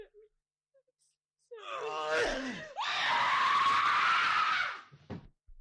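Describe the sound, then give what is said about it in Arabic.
A woman's scream, recorded on tape and played back, lets out a long, high cry, first wavering and breaking, then a sustained piercing shriek lasting a few seconds before it cuts off abruptly. “نرجع الشريط بقى علشان نسمع الصرخه.”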